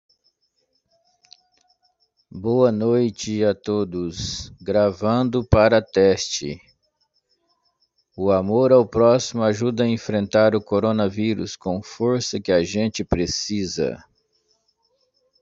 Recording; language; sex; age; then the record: spoken sentence; Brazilian Portuguese; male; 50 to 59 years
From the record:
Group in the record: control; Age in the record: 51 years